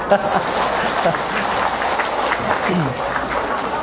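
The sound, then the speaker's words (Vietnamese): A crowd applauds in a steady, dense wash of clapping that holds for several seconds, with scattered voices murmuring underneath, at a Buddhist dharma talk in Vancouver. “Và vừa rồi thì Pháp Hòa nghĩ rằng chắc bấy lâu nay quý vị cũng đã được nghe thầy giảng, thầy hát, thầy ca, thành thử tối nay Pháp Hòa miễn chứ không chịu thì tràng pháo tay.”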